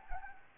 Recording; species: mosquito wingbeat signal from an infrared sensor; Anopheles gambiae